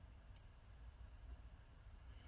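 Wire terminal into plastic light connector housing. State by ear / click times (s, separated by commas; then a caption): seated / 0.4 s. A black wire's crimped terminal is slid into the first hole of a small plastic 3-pin connector for an Arrma Fireteam RC car light kit, where two clicks are expected: the first as the top piece goes on and the second as the last lock engages. Only one sharp, bright click is heard, at 0.4 s, over a quiet low hum. The terminal is seated in the connector housing.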